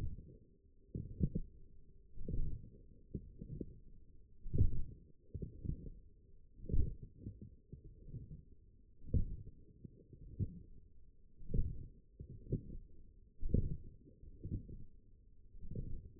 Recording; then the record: forearm muscle sounds (acoustic myography)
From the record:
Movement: forearm pronation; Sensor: system 1, eight BSWA MPA416 microphones around the upper forearm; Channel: 7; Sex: male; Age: 42 years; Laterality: right